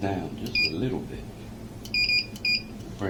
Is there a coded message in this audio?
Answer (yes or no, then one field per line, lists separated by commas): no